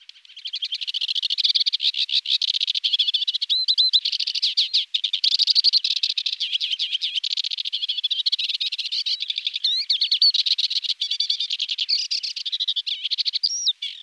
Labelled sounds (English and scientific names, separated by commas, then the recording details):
Sykes's Warbler (Iduna rama) song
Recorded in the wild
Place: Karakumwüste/Repetek, TM
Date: 2001-05-19
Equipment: MiniDisc Sharp MT 20 H
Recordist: Schwarz, Dieter